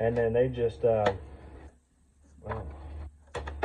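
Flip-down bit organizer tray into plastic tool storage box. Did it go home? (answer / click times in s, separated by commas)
yes / 3.4 s, 3.6 s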